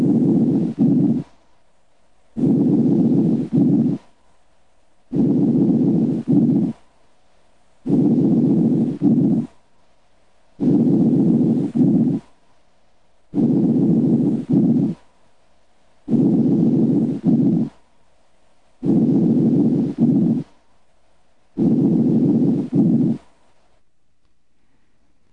Normal breath sounds, mid-lung. Normal breath sounds, heard over other chest wall areas, are transmitted through lung tissue and the chest wall. They are produced by changes in airflow patterns. These normal breath sounds are quieter than tracheal and mainstem bronchi breath sounds. Listen to normal breath sounds heard over the mid-lung.